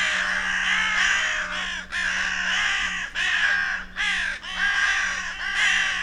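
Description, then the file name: Carrion Crow calls, loud harsh caws in a near-continuous run with brief pauses, over a constant low hum. "Corvus corone"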